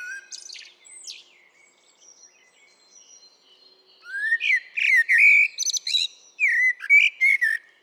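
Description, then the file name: Eurasian blackbird with scattered soft high chirps, then a sustained stretch of loud, flowing flute-like whistles mixed with shrill twittery notes. "Turdus merula"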